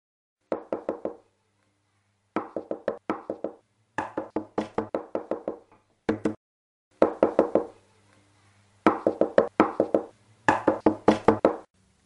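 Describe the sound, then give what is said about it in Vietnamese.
Loud, rapid knocking on a door comes in insistent bursts of four to eight sharp raps, with brief pauses between bursts and no voices. “thì có tiếng đập cửa khá dập dồn và mạnh mẽ.”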